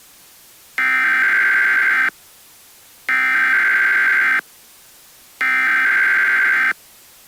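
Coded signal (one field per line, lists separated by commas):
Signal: Emergency Alert System (SAME) tones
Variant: header bursts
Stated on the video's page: Fictional EAS scenario made for Halloween, not a real alert.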